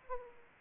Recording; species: mosquito wingbeat signal from an infrared sensor; Aedes aegypti